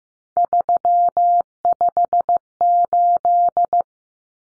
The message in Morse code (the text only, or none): 358